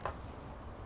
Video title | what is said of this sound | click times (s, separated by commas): Changing the Wiper Blades on a MK4 Volkswagen Jetta | just take the new blade and slide it right up into there and it snaps right into place just like that okay | 0.1 s